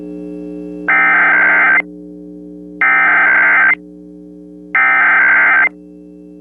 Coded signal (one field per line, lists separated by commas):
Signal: Emergency Alert System (SAME) tones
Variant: header bursts